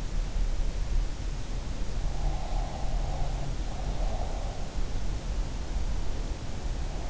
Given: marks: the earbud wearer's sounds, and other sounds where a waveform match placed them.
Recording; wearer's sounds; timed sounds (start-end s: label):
sounds in sleep by an in-ear microphone; breath
2.28-4.61 s: breath